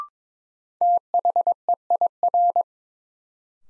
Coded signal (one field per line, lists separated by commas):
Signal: Morse code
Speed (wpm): 21 wpm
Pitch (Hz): 700 Hz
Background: none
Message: THEIR